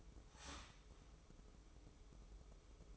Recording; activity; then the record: daily activity, microphone in the room; start toaster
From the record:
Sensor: 1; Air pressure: 995.3 hPa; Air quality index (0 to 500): 25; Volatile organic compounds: 0 ppm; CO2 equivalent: 500 ppm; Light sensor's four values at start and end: 18/59/21/23 and 18/59/21/23